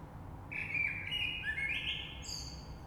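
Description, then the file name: Common blackbird song: one mellow, flowing fluted phrase finishing with a thin, high squeaky flourish, faint low rumble underneath. Recorded 3 March 2020. "Rush Merle"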